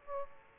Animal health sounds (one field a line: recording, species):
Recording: mosquito wingbeat signal from an infrared sensor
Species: Aedes aegypti